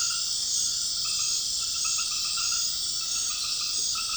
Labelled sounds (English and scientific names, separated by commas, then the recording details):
none
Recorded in dense forest near Puerto Asís, Putumayo, Colombia, on 18 February 2024 at 20:00
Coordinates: 0.502, -76.324
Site G6370